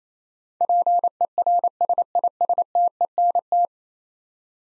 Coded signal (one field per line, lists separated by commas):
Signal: Morse code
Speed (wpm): 27 wpm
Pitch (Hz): 700 Hz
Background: none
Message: PERSISTENT